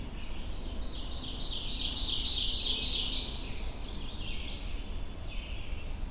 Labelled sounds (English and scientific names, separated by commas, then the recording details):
Ovenbird (Seiurus aurocapilla) song
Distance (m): 15 m
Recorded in boreal forest in Alberta, Canada, on 22 June 2016 at 05:22
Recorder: SongMeter 3, array SBT-6-76
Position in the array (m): 263 m, 97 m
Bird 1